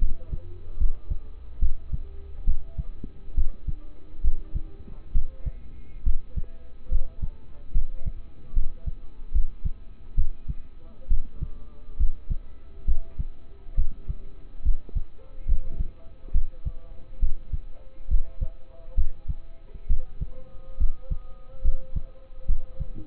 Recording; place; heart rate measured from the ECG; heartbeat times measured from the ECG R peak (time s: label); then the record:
heart sounds by stethoscope; between the tricuspid and mitral areas; 69 bpm
0.78 s: heartbeat
1.60 s: heartbeat
2.45 s: heartbeat
3.35 s: heartbeat
4.22 s: heartbeat
5.13 s: heartbeat
6.04 s: heartbeat
6.89 s: heartbeat
7.73 s: heartbeat
8.54 s: heartbeat
9.32 s: heartbeat
10.15 s: heartbeat
11.08 s: heartbeat
11.97 s: heartbeat
12.86 s: heartbeat
13.75 s: heartbeat
14.63 s: heartbeat
15.46 s: heartbeat
16.32 s: heartbeat
17.20 s: heartbeat
18.08 s: heartbeat
18.95 s: heartbeat
19.88 s: heartbeat
20.78 s: heartbeat
21.62 s: heartbeat
22.46 s: heartbeat
From the record:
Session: rest, lying down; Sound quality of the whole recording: partially saturated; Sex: male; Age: 27 years